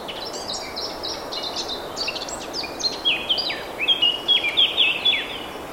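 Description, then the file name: Eurasian blackcap delivering a continuous fast warble that builds into louder, clearer whistled phrases toward the end, with steady hiss underneath. "Sylvia atricapilla"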